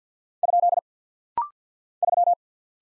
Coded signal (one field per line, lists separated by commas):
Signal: Morse code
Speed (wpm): 50 wpm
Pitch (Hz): 700 Hz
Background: none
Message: ? 3